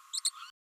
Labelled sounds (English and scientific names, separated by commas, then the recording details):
Green-rumped Parrotlet (Forpus passerinus) babbling
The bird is a female
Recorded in a nest box in Venezuela
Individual 17B32A5